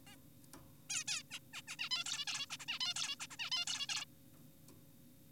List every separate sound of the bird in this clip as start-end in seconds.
0.07-0.16, 0.90-1.04, 1.08-1.23, 1.31-1.39, 1.54-1.62, 1.68-1.76, 1.79-1.89, 1.91-2.04, 2.06-2.25, 2.28-2.46, 2.50-2.57, 2.60-2.66, 2.68-2.79, 2.81-2.94, 2.96-3.16, 3.20-3.27, 3.31-3.36, 3.39-3.50, 3.52-3.65, 3.67-3.87, 3.89-4.05